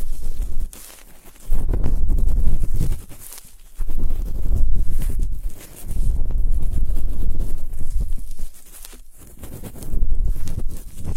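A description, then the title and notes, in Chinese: Ear cleaning with various sticks: dense, scratchy rubbing and rustling with a deep muffled rumble underneath. The scraping comes in long stretches of a second or two, broken by brief quieter pauses roughly every few seconds. 用各种棒棒清洁你的耳朵。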